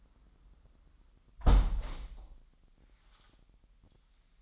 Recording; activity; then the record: daily activity, microphone in the room; close window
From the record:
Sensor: 3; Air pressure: 998.6 hPa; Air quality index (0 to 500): 144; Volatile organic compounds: 5 ppm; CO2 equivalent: 1740 ppm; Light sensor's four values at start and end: 10/24/10/11 and 9/23/9/10